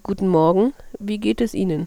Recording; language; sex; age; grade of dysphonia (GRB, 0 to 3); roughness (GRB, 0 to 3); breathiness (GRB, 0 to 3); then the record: spoken sentence; German; female; 30 to 39 years; 2; 1; 2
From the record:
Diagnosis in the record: hyperfunctional dysphonia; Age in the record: 36 years